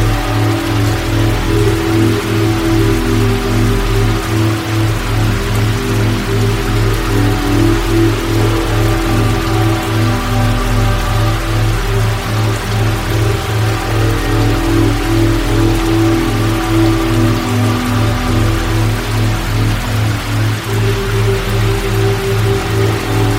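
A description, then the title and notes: Steady rain hiss fills the whole recording, with a low tone pulsing on and off at a fast, even rate throughout. Soft sustained new age chords sit underneath, holding long mellow notes with little change from start to finish. Delta 2Hz Isochronic Tones, Rain sounds & New Age Music. Delta 2Hz Isochronic Tones, Rain sounds and New Age Music.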